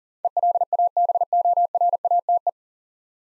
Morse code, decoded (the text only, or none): ELABORATE